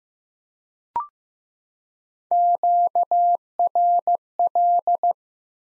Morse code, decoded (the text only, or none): QRL